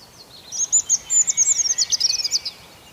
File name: Sounds Of Nature - Bird Song Early Spring Morning